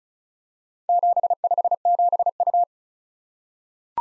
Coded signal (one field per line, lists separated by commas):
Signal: Morse code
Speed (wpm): 36 wpm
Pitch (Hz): 700 Hz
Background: none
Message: 757U